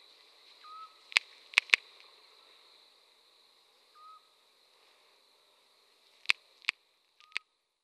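European scops owl giving soft, short, mellow whistled notes about three seconds apart, with sharp clicks and a faint steady hiss around them.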